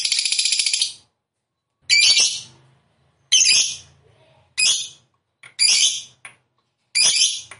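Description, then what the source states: Lovebird calls: a brief fast chatter, then loud harsh shrieks roughly every one to one and a half seconds. Fighter lovebird described as gacor, meaning singing energetically.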